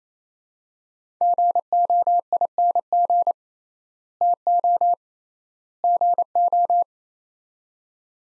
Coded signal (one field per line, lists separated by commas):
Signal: Morse code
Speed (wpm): 28 wpm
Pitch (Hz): 700 Hz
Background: none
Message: GOING TO GO